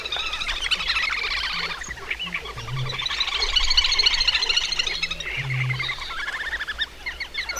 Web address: agykontroll Madardalok Cd 3. Kis vöcsök